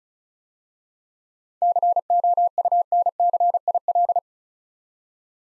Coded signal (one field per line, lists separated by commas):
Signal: Morse code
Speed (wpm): 34 wpm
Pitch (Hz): 700 Hz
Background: none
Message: COUNCIL